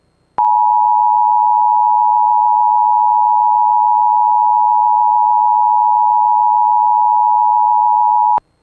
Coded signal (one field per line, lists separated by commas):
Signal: Emergency Alert System (SAME) tones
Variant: 853 and 960 Hz attention tone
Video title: Severe Thunderstorm Warning (EAS #595)